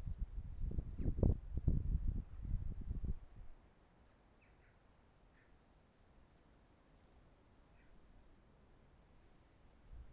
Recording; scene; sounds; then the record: everyday scene through a hearing-aid microphone; wind on the microphone; wind, traffic, birds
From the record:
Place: suburban garden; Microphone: behind the ear, right, rear